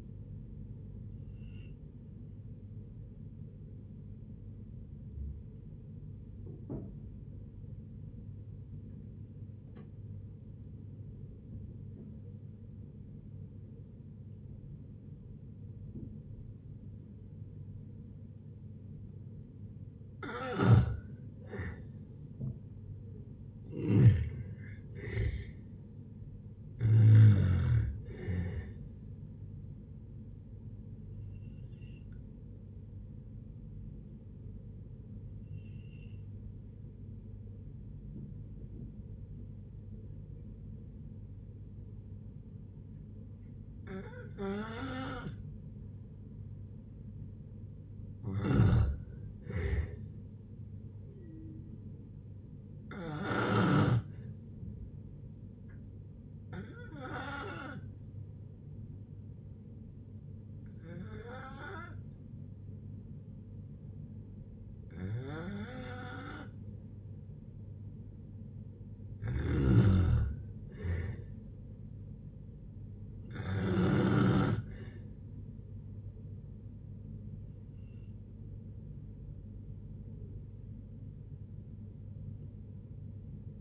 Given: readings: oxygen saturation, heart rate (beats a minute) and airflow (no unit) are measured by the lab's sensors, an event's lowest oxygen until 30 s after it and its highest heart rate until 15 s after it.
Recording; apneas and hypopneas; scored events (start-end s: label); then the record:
a person awake in a sleep study, by a smartphone at the bedside; none
0.00-83.61 s: awake
0.00-83.61 s: awake
From the record:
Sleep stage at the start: awake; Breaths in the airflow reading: 30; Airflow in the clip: -0.7 to 0.7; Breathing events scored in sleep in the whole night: 496 in 5.4 hours asleep